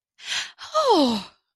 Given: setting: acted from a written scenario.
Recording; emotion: vocal sound without words; positive surprise